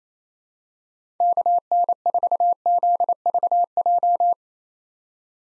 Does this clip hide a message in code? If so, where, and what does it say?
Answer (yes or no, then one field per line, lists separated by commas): yes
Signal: Morse code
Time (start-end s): 1.2-4.3 s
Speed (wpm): 28 wpm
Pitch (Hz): 700 Hz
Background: none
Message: KN4ZVJ